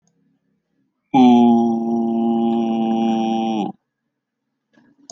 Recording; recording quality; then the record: sustained vowel as in boot; excellent, no background noise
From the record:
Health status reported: healthy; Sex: male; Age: 25 years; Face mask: not worn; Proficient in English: yes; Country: India